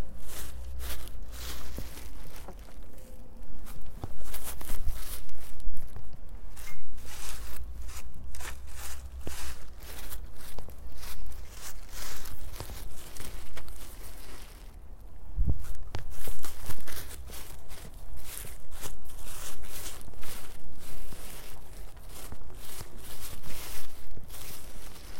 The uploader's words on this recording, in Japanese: 切り干し人参を混ぜる。ほとんど乾燥できた切った干し人参を仕上げ混ぜしています。